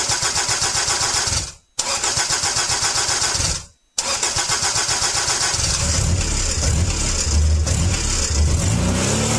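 A car engine cranks in two long rhythmic bursts separated by brief pauses, then catches on the third try and settles into a steady, rumbling run with a low hum rising underneath.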